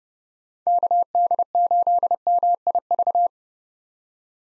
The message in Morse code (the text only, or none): KD8MIV